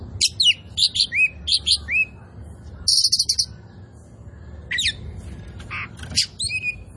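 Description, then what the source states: Oriental magpie-robin singing rich whistles that slur downward, with a harsh buzzy burst midway and sweeping high notes, over a faint low hum. Local Indonesian name kacer poci; described as gacor, singing vigorously.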